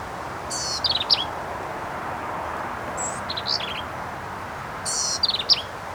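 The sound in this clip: Black-capped vireo song: two bursts of squeaky, harsh, rapidly jumbled high notes about four seconds apart, with a softer short phrase between, over steady low background hiss.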